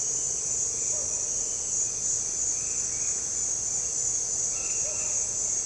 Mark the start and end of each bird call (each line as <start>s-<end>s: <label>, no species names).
1.10s-3.33s: bird call
4.39s-5.27s: bird call